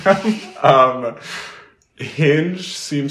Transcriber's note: laughs